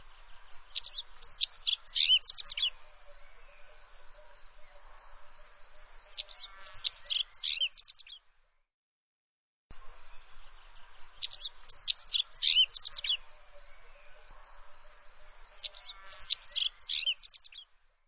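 Bird song in four bursts of rapid, varied high twittering notes with sweeping chirps, over a steady high insect drone, with a brief silent gap midway.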